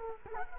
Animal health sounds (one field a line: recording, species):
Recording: mosquito wingbeat signal from an infrared sensor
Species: Culex quinquefasciatus